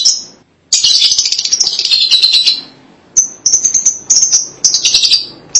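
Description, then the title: Lovebird calls, a long stretch of harsh, rapid high chattering followed by a series of thin, piercing chirps in quick succession. "BM Suara Burung Lovebird"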